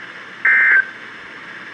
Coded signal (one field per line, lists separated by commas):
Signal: Emergency Alert System (SAME) tones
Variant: end-of-message bursts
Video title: Severe Thunderstorm Warning (EAS #1617)